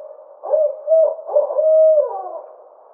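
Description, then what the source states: Barred owl calling: several steady low hoots, one held longer, then a final hoot that slurs downward. Recorded 24 May 2009.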